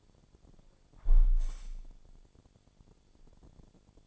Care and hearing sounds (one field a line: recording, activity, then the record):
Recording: daily activity, microphone in the room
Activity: close window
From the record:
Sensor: 5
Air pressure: 1000.6 hPa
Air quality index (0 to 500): 154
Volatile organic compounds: 2 ppm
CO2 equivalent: 1178 ppm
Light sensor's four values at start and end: 39/92/38/41 and 39/92/38/41